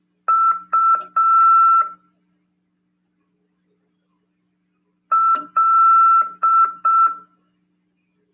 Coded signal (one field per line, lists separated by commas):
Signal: Morse code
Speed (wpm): 5 wpm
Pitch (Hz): 1340 Hz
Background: none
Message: UL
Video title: RADIOAMADOR 1ªEd. 2/2/2023 "AULA 12 CW, LEGIS e C.RODADA" FM 146.410 Mhz. PY2EXU PAULO SP/SP CRASP.